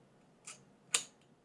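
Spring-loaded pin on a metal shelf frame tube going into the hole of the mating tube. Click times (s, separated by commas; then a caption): 1.0 s. A spring-loaded pin on a metal top frame piece of a 3-tier over-the-toilet storage shelf is lined up with the hole in the bottom tube and pushed in. A softer scraping tick comes at about 0.5 s, then a sharp, bright metallic snap at 0.9 s as the pin locks into place.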